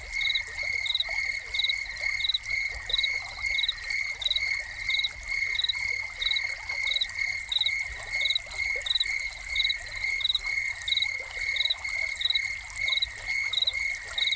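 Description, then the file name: Cricket chirping: short trilled chirps repeating at a steady pace over a persistent shrill tone, with fountain water trickling softly beneath. Crickets recorded together with a fountain. "Crickets and Fountain"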